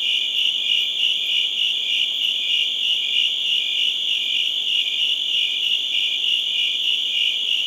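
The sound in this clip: Crickets chirping, a bright steady trill pulsing around three times each second.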